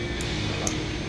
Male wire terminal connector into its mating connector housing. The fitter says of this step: Simply insert them until they click.